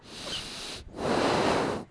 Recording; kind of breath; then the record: one breath in and out by a microphone near the nose and mouth; deep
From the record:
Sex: male